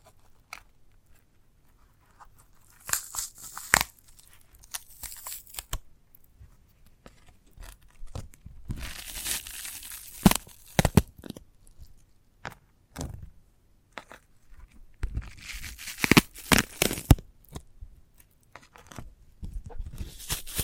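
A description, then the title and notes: Handling of a sprouted coconut, with bursts of tearing and crunching as the husk is pulled and broken. Sharp cracks and crinkly scraping come in clusters around 3 to 6 seconds, 9 to 11 seconds, and 15 to 18 seconds, with quiet gaps and soft rustles between. ASMR of a Sprouted Coconut (No Talking).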